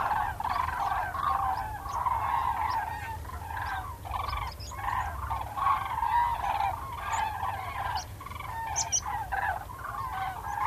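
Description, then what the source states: Common crane flock calling: a dense chorus of loud, rolling, bugling notes from many birds, rising and falling in waves without a break. Cranes departing on autumn migration in September, to return in spring.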